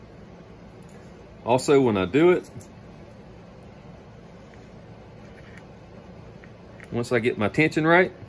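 A slipjoint knife blade is handled with a spring tension tool, being worked into the handle against the backspring, while someone talks and a few faint ticks sound between the speech. The clip ends before the blade snaps home; nothing has seated or clicked yet.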